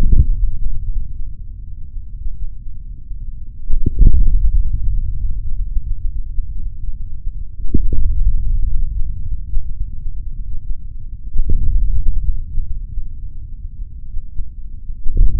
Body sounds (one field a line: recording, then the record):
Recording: forearm muscle sounds (acoustic myography)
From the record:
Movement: forearm supination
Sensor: system 3, bracelet of six PUI Audio POM-2738L microphones around the upper forearm, with dedicated amplification and filtering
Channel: 1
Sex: male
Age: 26 years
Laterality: right